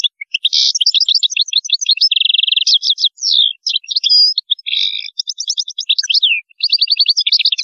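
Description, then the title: European goldfinch pouring out a rapid, near-continuous twittering song with tinkling notes, buzzy rattles and slurred whistles. "Chant Chardonneret"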